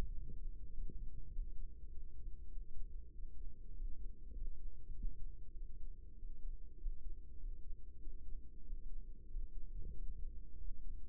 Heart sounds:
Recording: heart sounds by microphone in the right ear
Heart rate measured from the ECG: 98 bpm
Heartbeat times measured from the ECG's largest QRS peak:
0.11 s: heartbeat
0.70 s: heartbeat
1.29 s: heartbeat
1.88 s: heartbeat
2.49 s: heartbeat
3.11 s: heartbeat
3.73 s: heartbeat
4.33 s: heartbeat
4.93 s: heartbeat
5.54 s: heartbeat
6.15 s: heartbeat
6.77 s: heartbeat
7.36 s: heartbeat
7.98 s: heartbeat
8.62 s: heartbeat
9.27 s: heartbeat
9.91 s: heartbeat
10.56 s: heartbeat
From the record:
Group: healthy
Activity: rest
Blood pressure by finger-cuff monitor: 106/65 mmHg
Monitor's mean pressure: 78 mmHg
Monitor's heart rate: 100 bpm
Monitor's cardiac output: 6.9 L/min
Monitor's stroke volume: 69 mL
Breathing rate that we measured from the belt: 21 breaths a minute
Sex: male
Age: 22 years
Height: 181 cm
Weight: 60 kg

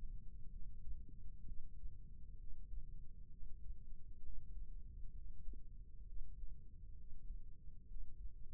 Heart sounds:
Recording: heart sounds by microphone in the right ear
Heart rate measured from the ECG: 65 bpm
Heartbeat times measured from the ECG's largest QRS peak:
0.49 s: heartbeat
1.43 s: heartbeat
2.35 s: heartbeat
3.29 s: heartbeat
4.21 s: heartbeat
5.12 s: heartbeat
6.03 s: heartbeat
6.95 s: heartbeat
7.86 s: heartbeat
From the record:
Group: healthy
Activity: Valsalva maneuver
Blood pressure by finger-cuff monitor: 150/74 mmHg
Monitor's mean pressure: 97 mmHg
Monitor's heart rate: 65 bpm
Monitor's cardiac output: 6.2 L/min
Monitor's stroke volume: 92 mL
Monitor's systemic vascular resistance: 1160 dyn s/cm5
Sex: female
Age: 37 years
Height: 168 cm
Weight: 70 kg

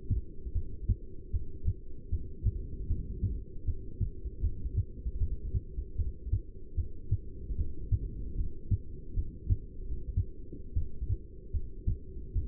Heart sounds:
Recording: heart sounds by stethoscope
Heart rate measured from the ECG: 76 bpm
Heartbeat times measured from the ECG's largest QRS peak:
0.54 s: heartbeat
1.32 s: heartbeat
2.11 s: heartbeat
2.88 s: heartbeat
3.66 s: heartbeat
4.42 s: heartbeat
5.19 s: heartbeat
5.97 s: heartbeat
6.76 s: heartbeat
7.57 s: heartbeat
8.36 s: heartbeat
9.15 s: heartbeat
9.83 s: heartbeat
10.75 s: heartbeat
11.52 s: heartbeat
12.34 s: heartbeat
From the record:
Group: heart failure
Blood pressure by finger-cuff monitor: 168/117 mmHg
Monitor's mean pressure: 136 mmHg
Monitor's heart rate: 76 bpm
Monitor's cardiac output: 7.1 L/min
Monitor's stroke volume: 92 mL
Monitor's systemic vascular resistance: 1430 dyn s/cm5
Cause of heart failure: non-ischemic cardiomyopathy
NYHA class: 1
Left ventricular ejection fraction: 62%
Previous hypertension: present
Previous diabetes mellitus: present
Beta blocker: bisoprolol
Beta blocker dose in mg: 10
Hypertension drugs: sacubitril-valsartan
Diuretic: furosemide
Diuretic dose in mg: 20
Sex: male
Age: 49 years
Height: 167 cm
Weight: 110 kg

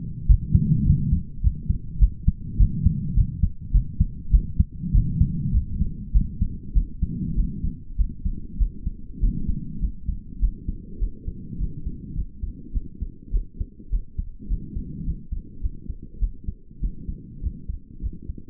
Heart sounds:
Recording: heart sounds by stethoscope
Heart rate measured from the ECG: 101 bpm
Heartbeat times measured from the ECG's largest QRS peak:
0.27 s: heartbeat
0.85 s: heartbeat
1.42 s: heartbeat
1.99 s: heartbeat
2.57 s: heartbeat
3.15 s: heartbeat
3.72 s: heartbeat
4.31 s: heartbeat
4.92 s: heartbeat
5.52 s: heartbeat
6.12 s: heartbeat
6.73 s: heartbeat
7.35 s: heartbeat
7.96 s: heartbeat
8.58 s: heartbeat
9.21 s: heartbeat
9.80 s: heartbeat
10.40 s: heartbeat
10.99 s: heartbeat
11.58 s: heartbeat
12.15 s: heartbeat
12.72 s: heartbeat
13.31 s: heartbeat
13.90 s: heartbeat
14.48 s: heartbeat
15.04 s: heartbeat
15.61 s: heartbeat
16.20 s: heartbeat
16.81 s: heartbeat
17.41 s: heartbeat
18.01 s: heartbeat
From the record:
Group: healthy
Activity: rest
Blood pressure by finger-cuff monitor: 132/79 mmHg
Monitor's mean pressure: 101 mmHg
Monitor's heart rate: 101 bpm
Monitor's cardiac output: 9.1 L/min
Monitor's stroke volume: 88 mL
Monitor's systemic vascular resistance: 830 dyn s/cm5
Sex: female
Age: 22 years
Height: 154 cm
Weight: 58.7 kg

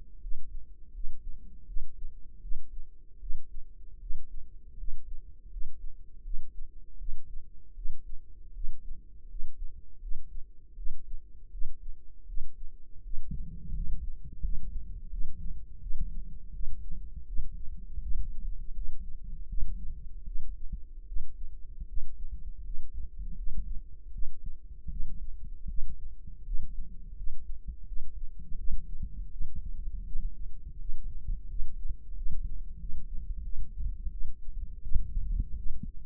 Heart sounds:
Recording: heart sounds by microphone in the right ear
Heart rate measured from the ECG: 81 bpm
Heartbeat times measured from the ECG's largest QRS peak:
0.19 s: heartbeat
0.91 s: heartbeat
1.64 s: heartbeat
2.39 s: heartbeat
3.18 s: heartbeat
3.98 s: heartbeat
4.75 s: heartbeat
5.48 s: heartbeat
6.22 s: heartbeat
6.96 s: heartbeat
7.73 s: heartbeat
8.52 s: heartbeat
9.27 s: heartbeat
9.99 s: heartbeat
10.74 s: heartbeat
11.49 s: heartbeat
12.25 s: heartbeat
13.01 s: heartbeat
13.72 s: heartbeat
14.40 s: heartbeat
15.08 s: heartbeat
15.78 s: heartbeat
16.51 s: heartbeat
17.24 s: heartbeat
17.99 s: heartbeat
18.72 s: heartbeat
19.46 s: heartbeat
20.24 s: heartbeat
21.04 s: heartbeat
21.85 s: heartbeat
22.62 s: heartbeat
23.34 s: heartbeat
24.10 s: heartbeat
24.88 s: heartbeat
25.66 s: heartbeat
26.42 s: heartbeat
27.14 s: heartbeat
27.84 s: heartbeat
28.55 s: heartbeat
29.28 s: heartbeat
30.03 s: heartbeat
30.77 s: heartbeat
31.46 s: heartbeat
32.13 s: heartbeat
32.77 s: heartbeat
33.41 s: heartbeat
34.09 s: heartbeat
34.80 s: heartbeat
35.54 s: heartbeat
From the record:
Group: healthy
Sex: female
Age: 19 years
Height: 163 cm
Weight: 51 kg

